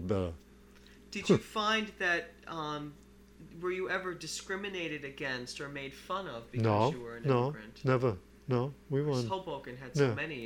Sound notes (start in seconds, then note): none